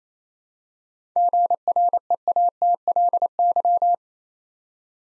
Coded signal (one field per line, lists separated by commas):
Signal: Morse code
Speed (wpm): 29 wpm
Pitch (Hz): 700 Hz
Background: none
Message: GREATLY